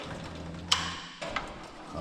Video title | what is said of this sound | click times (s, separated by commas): Wheel wants to leave the chat | up until it clicks okay | 0.7 s